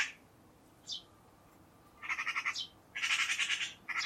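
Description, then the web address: Bird giving buzzy, rapidly pulsed calls in short bursts, with a brief higher chirp early on; the calls stand out clearly over a hushed background. "cianscape birddata Deverinetal 2025"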